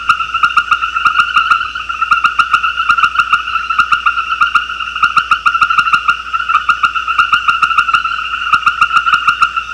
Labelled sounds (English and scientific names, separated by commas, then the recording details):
none
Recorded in secondary vegetation near Puerto Asís, Putumayo, Colombia, on 13 March 2025 at 19:30
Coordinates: 0.498, -76.327
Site G001